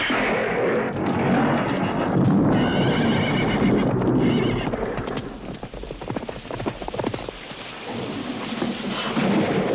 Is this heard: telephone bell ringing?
no